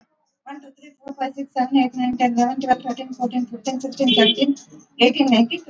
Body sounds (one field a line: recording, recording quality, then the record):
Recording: counting at a fast pace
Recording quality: moderate, slight background noise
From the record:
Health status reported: exposed to COVID-19, no respiratory illness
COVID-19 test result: not tested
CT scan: not taken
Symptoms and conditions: none ticked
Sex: female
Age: 54 years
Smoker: no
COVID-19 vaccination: both doses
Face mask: not worn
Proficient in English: yes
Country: India